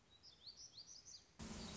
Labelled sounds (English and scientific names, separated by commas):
Black-throated Gray Warbler (Setophaga nigrescens)